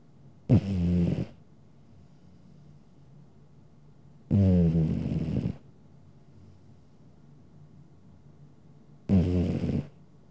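Domestic cat snoring in three low, raspy bursts several seconds apart, with near silence in between.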